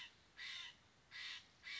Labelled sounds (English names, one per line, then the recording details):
American Robin
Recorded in Sonoma County, California